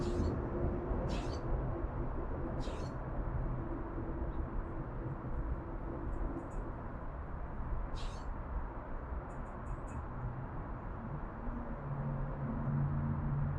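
An urban backyard in Oakland, California, filled with a steady low rumble of traffic that never lets up. Short bright chirps cut through at about 0, 1, 3 and 8 seconds, with a few thinner high calls near 6 and 9 to 10 seconds.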